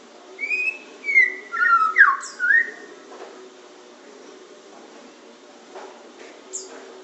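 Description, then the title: Oriental magpie-robin singing a brief burst of varied whistles and slurred notes, then mostly quiet with a couple of high faint chirps and a low background hum. "Kicau Kacer"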